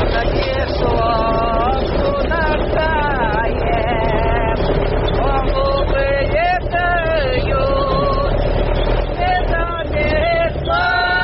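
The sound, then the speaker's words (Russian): A truck engine rumbles steadily and loudly as it drives along a smooth road, a continuous low drone with wind-like noise, while several women sing a song over it throughout. “Але як только грузовик выбирается на ровнейший шлях, жанчины под буркотанне рухавика заводят песню про хуткоплинный час.”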